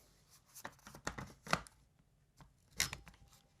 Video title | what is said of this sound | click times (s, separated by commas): 14” 12 gauge 00 buck Vs Hogs. | it goes right in no problem just clicks right in there and it's awesome | 2.8 s